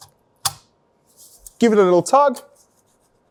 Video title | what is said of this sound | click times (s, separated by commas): Ford Next Gen Ranger Raptor Turbosmart Intercooler Install Step by Step Guide | And you're literally going to push it in until you hear it click. | 0.5 s